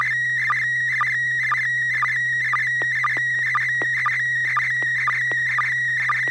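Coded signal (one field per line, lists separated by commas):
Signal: SSTV (slow-scan television)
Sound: steady warbling tone around 1.9 kHz, with short low sync blips about twice a second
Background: low steady hum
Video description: The River City ARCS SSTV Net is held Wednesday evenings at 9:00 PM Pacific Time on the N6NA FM repeater on 441.300 MHz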